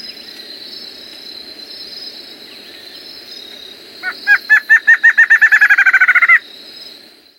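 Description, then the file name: Streak-backed antshrike: after several seconds of only a high buzzing background, an accelerating series of whistled notes starts, quickens to a rapid run and stops abruptly. "Canto do choca de roraima"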